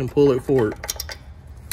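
Someone talks while needle-nose pliers pull a brake shoe retaining clip forward toward the hole in the shoe web of a heavy truck air brake shoe. A few short, light metallic ticks follow around 0.9–1.1 s, and another sharp tick comes at the very end. The clip has not seated or locked into place yet.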